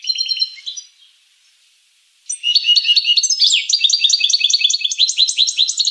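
Finch song: a short buzzy phrase, over a second of silence, then a rapid run of repeated chirped notes and sweeps.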